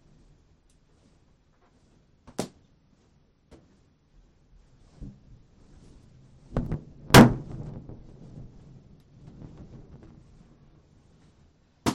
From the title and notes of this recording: The blind spot radio program filled the on-air studio with as many balloons as …, … and I could blow up (which happened to be 1,190) and then entered the room and popped them one at a time with a needle taped to a stick.